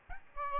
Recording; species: mosquito wingbeat signal from an infrared sensor; Aedes albopictus